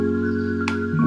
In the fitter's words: sampai terdengar bunyi klik. Di sana, bunyi klik berarti itu normal.